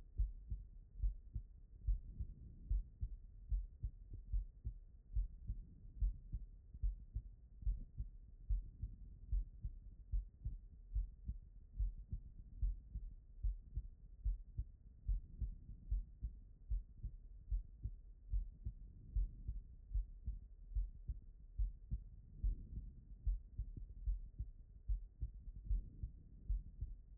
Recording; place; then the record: heart sounds by stethoscope; pulmonary valve (PV)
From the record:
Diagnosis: non-HFrEF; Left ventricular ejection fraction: 57%